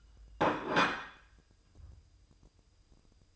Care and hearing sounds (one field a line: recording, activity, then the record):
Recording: daily activity, microphone in the room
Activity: place plate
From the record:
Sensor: 2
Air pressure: 988.5 hPa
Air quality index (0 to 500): 193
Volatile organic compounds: 196 ppm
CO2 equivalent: 4199 ppm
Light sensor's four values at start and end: 19/65/25/24 and 19/64/25/24